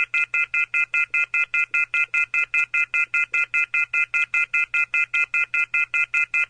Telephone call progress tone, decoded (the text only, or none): off-hook warning tone